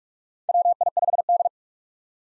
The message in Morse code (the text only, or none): WI5D